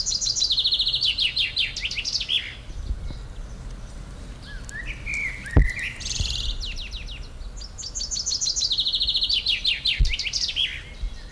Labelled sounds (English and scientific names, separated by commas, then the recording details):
Common Blackbird (Turdus merula) song
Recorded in the wild
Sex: male
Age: adult
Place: Potsdam-Telegrafenberg, Brandenburg, DE
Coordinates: 52.3814, 13.0644
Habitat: park
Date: 1996-06-07 19:30
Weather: sunny
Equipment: Sony MD-WM MZ-R3, Sennheiser MKH 416 T, Kopie Uher 4000 Report Monitor
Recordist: Tembrock, Günter